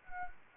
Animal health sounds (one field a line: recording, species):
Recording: mosquito wingbeat signal from an infrared sensor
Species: Anopheles arabiensis